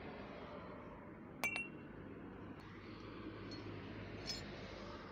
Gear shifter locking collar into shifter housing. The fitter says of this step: Now I just need to push it down a little bit more and turn it so it locks into place.